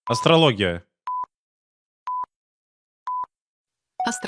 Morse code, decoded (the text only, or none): none